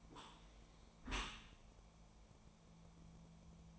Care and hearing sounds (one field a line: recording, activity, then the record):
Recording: daily activity, microphone in the room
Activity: close dishwasher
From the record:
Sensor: 1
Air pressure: 1000.5 hPa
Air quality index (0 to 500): 181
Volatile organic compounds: 4 ppm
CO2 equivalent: 1671 ppm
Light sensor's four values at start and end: 12/30/12/14 and 12/31/13/14